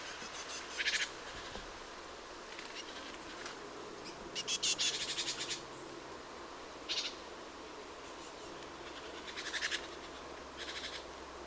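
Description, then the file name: Great tit chattering: several separate bursts of rapid rasping pulses at uneven intervals, the loudest in the middle, with quiet background noise between them. "Parus major"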